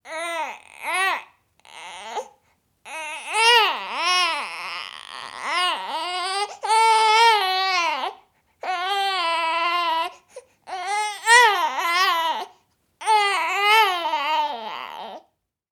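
High-pitched, strongly tonal wails come in repeated bursts of about one to two seconds, separated by brief gasping pauses, with rising and falling pitch around 400 Hz. This is the typical crying of a newborn baby.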